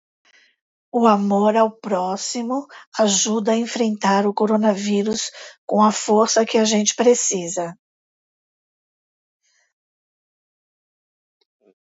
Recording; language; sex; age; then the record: spoken sentence; Brazilian Portuguese; female; 50 to 59 years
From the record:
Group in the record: control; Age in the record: 54 years